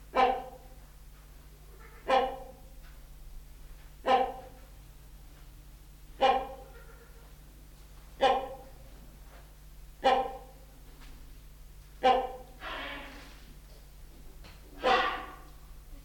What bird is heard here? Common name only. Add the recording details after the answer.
Great Hornbill. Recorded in captivity. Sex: male. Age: adult. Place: Zoo Berlin, Berlin, DE. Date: 1995-04-01 11:41. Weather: bedeckt - heiter, 6 - 8°C, böiger Wind. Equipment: Marantz CP 430, Sennheiser ME 80, Kopie Uher Variocord 263. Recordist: Tembrock, Günter